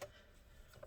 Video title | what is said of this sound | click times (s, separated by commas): DELL Optiplex 7010 Disassembly RAM SSD Hard Drive Upgrade Repair PSU Power Supply Replacement | This side also has a little part that somewhat clips in if you heard it clicking. | 0.0 s, 0.8 s